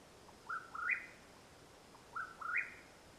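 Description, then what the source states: Mexican whip-poor-will delivering two quick burry phrases, each a faint lead note followed by a trilled upward step. Call at nightfall in Madera Canyon, Arizona, USA, 21 April 2022.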